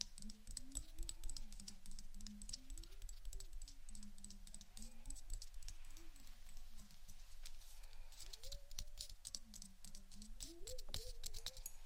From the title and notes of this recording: ASMR 2 Types Of Tapping（No Talking）.